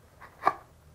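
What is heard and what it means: A plastic blower fan, part #395034, for a Fisher & Paykel dryer is lined up with the splines and pushed down onto the motor shaft. A short, sharp click sounds at 0.5 s over a quiet background as the fan seats into place.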